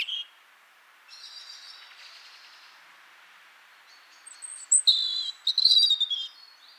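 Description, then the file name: European robin song with a brief opening note, thin wavering notes over steady hiss, then a louder run of quick, bright warbled trills near the end. "Erithacus rubecula"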